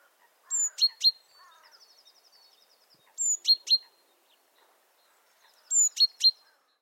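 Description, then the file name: Great tit giving a high thin note and quick sharp ticks, the phrase repeated three times at roughly two-and-a-half-second intervals, with a soft trilling bird in the background. "Parus major"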